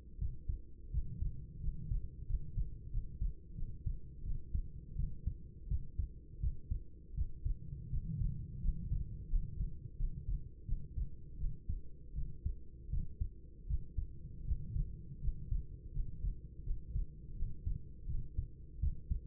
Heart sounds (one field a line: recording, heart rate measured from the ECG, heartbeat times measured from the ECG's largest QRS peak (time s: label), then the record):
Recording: heart sounds by stethoscope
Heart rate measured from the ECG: 84 bpm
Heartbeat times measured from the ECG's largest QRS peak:
0.17 s: heartbeat
0.90 s: heartbeat
1.59 s: heartbeat
2.25 s: heartbeat
2.89 s: heartbeat
3.54 s: heartbeat
4.22 s: heartbeat
4.95 s: heartbeat
5.67 s: heartbeat
6.39 s: heartbeat
7.13 s: heartbeat
7.88 s: heartbeat
8.59 s: heartbeat
9.28 s: heartbeat
9.95 s: heartbeat
10.64 s: heartbeat
11.36 s: heartbeat
12.13 s: heartbeat
12.89 s: heartbeat
13.66 s: heartbeat
14.43 s: heartbeat
15.19 s: heartbeat
15.91 s: heartbeat
16.62 s: heartbeat
17.33 s: heartbeat
18.05 s: heartbeat
18.79 s: heartbeat
From the record:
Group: healthy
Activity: rest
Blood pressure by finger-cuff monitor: 103/59 mmHg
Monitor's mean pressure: 72 mmHg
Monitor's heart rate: 83 bpm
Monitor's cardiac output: 7 L/min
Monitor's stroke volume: 85 mL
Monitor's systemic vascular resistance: 730 dyn s/cm5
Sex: female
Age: 26 years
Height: 165 cm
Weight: 55 kg